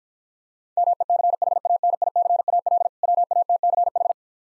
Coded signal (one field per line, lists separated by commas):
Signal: Morse code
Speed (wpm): 55 wpm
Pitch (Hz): 700 Hz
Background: none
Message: MECHANICAL WATCH